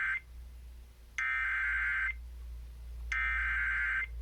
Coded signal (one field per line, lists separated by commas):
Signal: Emergency Alert System (SAME) tones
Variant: header bursts